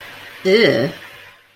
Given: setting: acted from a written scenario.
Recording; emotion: vocal sound without words; contempt